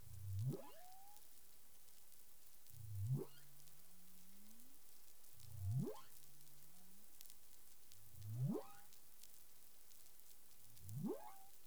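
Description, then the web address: Humpback whale calls: low grunting units sweeping sharply upward, some trailing into a rising whistle, repeated roughly every two and a half seconds over steady hiss. 19 April 2021, 08:20 UTC. "CARIMAM. humpback whale 20210419 082042 UTC"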